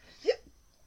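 A single short, sharp voiced catch, a brief gulping 'hic' of about a tenth of a second, in a quiet room. It is one hiccup from an adult, an involuntary spasm of the diaphragm cut off by sudden closure of the vocal cords.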